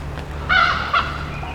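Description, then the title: Bird giving two harsh, hoarse calls about half a second apart, the first longer and rasping, over a steady low engine hum. Birds calling in jungle, heard from a boat on a river at Sitka, Baranof Island, Alaska, USA. "丛林里的鸟叫_美国阿拉斯加州巴拉诺夫岛锡特卡"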